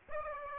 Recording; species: mosquito wingbeat signal from an infrared sensor; Aedes aegypti